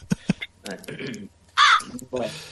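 Harsh, raspy crow caws come in a few uneven bursts, the loudest and brightest near the middle, followed by another scratchy call at the end.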